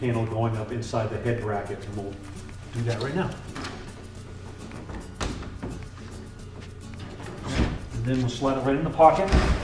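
Someone talks over background music while the heavy stationary panel of an Andersen A-Series impact patio door is lifted so its top goes up inside the frame's head bracket and is lined up, with soft thumps and knocks at about 4.7, 5.6, 5.8 and 6.9 seconds. The panel has not yet been slid into the pocket, and nothing has clicked or seated yet.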